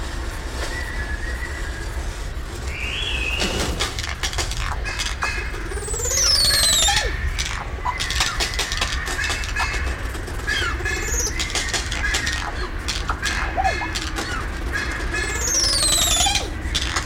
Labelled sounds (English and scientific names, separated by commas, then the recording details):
Crested Oropendola (Psarocolius decumanus)
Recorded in captivity
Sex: pair
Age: adult
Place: Zoo Berlin, Berlin, DE
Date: 1993-01-30 10:56
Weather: -6° C, sonnig
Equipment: Marantz CP 430, Sennheiser ME 80, Kopie Uher Variocord 263
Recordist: Tembrock, Günter
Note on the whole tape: Diverse Lautformen, dann auch im Kontakt der Partner Lautfolge (ansteigend)